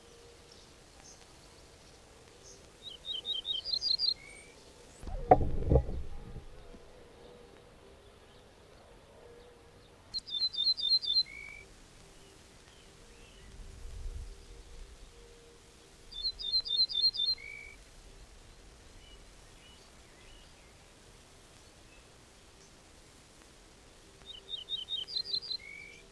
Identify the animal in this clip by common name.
Ortolan Bunting